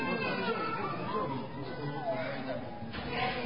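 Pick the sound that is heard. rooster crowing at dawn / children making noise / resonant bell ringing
children making noise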